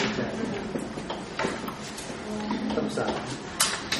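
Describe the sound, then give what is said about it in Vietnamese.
A door is opened with a few sharp clunks and a scraping slide, sharp knocks punctuating a steady rattle, while a voice murmurs faintly underneath. “Tự nghe kêu không? Được chưa? Ta mở cửa nè.”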